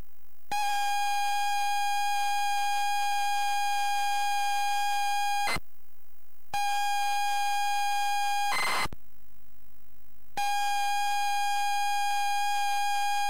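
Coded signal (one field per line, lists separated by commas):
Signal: ZX Spectrum tape loading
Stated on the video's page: ZX Spectrum tape loading from a Spectrum +3 with a cassette player.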